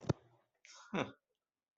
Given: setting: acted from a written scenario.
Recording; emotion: vocal sound without words; serenity